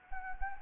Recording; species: mosquito wingbeat signal from an infrared sensor; Anopheles gambiae